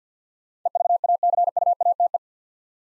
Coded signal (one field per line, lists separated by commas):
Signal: Morse code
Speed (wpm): 50 wpm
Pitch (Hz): 700 Hz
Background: none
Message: EVACUATE